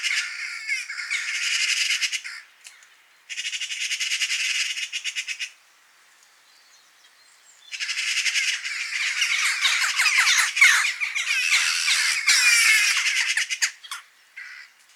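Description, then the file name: Eurasian magpie giving harsh rattling chatter calls in long bursts, with pauses between series and a more varied stretch of raspy notes later. "Pica pica"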